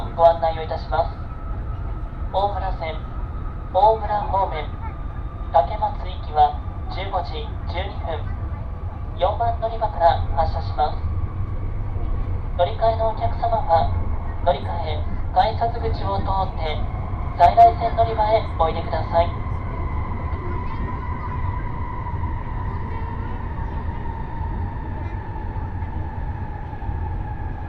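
A Nishi-Kyushu Shinkansen ride from Nagasaki to Saga, with a steady low rumble running the whole way. A voice speaks in short bursts for the first twenty seconds, and a thin whine holds then slowly slides lower toward the end.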